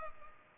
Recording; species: mosquito wingbeat signal from an infrared sensor; Culex pipiens